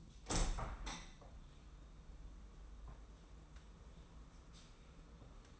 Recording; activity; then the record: daily activity, microphone in the room; open window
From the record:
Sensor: 1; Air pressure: 994.4 hPa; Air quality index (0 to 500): 215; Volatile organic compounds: 1000 ppm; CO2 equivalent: 7722 ppm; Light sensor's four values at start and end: 73/159/72/76 and 72/158/71/75